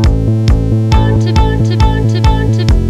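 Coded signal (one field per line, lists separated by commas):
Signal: none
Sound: music synth beeps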